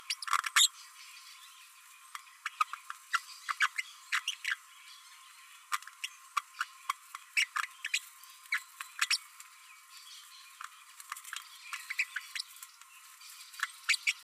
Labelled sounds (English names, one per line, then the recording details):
Green-rumped Parrotlet babbling
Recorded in a nest box in Venezuela
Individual 18B12A1